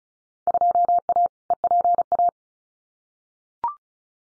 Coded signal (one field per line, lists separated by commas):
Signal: Morse code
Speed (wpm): 36 wpm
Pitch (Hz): 700 Hz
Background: none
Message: 2A EPA